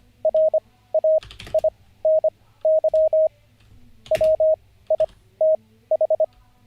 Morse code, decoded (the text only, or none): RAINY WITH